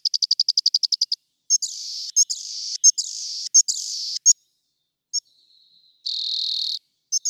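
Rock wren: a rapid series of ticking notes, harsh buzzy phrases, and one long even buzz.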